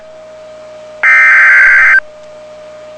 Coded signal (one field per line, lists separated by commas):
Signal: Emergency Alert System (SAME) tones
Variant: header bursts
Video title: Severe Thunderstorm Warning - EAS #573